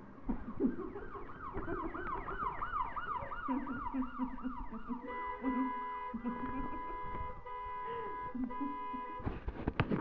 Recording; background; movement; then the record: laughter; traffic; sitting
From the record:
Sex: female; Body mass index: 36.4 kg/m2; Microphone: on the chest, facing the body